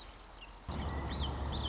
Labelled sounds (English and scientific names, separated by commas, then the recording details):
Marsh Wren (Cistothorus palustris)
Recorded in Sonoma County, California